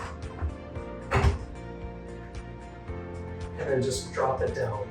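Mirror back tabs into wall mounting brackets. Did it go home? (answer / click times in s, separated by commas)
no / none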